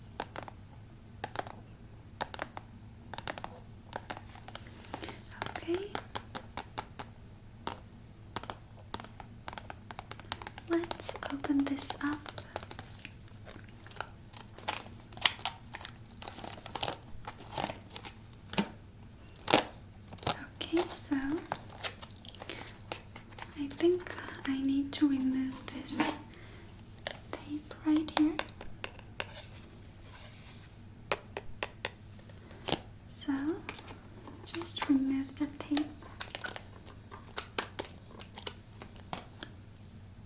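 Sweet macaron triggers: sharp crinkles and taps scattered throughout over a steady low hum, with soft bursts of mouth or chewing sounds.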